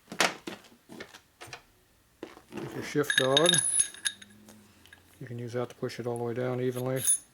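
A steel retaining snap ring is pushed down evenly with a tool onto a gear shaft during a 1976 Harley-Davidson Shovelhead 4-speed motorcycle transmission rebuild. Someone talks throughout, with a few short metallic clicks and taps, including sharp ones near 0.2 s and 4.1 s, and a brief ringing tone around 3 to 4 s. The ring has not popped into its groove yet; nothing has seated.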